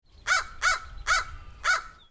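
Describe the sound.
Crow cawing: four harsh, hoarse caws in quick succession, each short and rasping.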